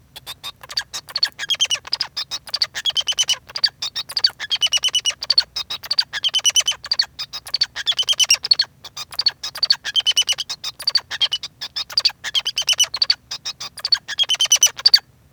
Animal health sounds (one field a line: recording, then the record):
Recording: song of a male Bengalese finch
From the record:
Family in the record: son of father 2